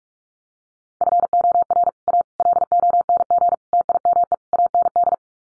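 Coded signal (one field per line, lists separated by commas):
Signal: Morse code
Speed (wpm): 44 wpm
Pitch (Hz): 700 Hz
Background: none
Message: FOR A LONG TIME AND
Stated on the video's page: Morse head-copy drill of common five-word English groups at 45 wpm, each set sent twice.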